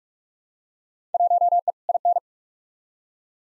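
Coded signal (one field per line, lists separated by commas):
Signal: Morse code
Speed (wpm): 42 wpm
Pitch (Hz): 700 Hz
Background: none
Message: 1E IN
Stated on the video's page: Head-copy drill of Field Day exchanges sent at 45wpm, each exchange sent twice.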